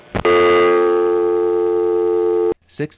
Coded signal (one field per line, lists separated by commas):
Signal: telephone call progress tone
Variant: North America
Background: speech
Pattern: dial tone